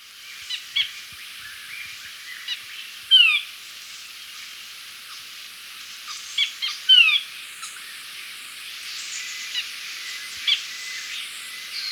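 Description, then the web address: Chestnut-breasted chlorophonia calls: sharp, high, downward-slurred notes, some paired, at irregular intervals over faint background chirps and ticks. Recorded in Ecuador. "Natures Songs S America Birds of Ecuador. Chestnut-Breasted Chlorophonia"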